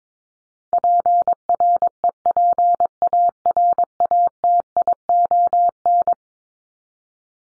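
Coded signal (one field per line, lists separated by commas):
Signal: Morse code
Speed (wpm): 22 wpm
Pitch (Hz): 700 Hz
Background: none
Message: PREPARATION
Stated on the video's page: Head-copy drill of common words at 22 wpm; each word is sent in Morse, spoken, then sent again.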